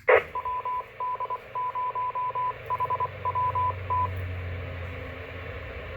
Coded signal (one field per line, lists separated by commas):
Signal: Morse code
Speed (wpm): 23 wpm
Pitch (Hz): 1000 Hz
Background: radio noise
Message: WD0HWT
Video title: #66 Which 2m Antenna is best? - The Shootout (inc DX Commander) #UV5Army